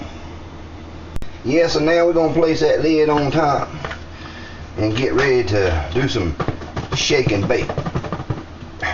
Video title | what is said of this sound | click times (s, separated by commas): ManLand Frog Legs Hot Wing Sauce The Toxic Storm | Oop, I didn't seal it. | none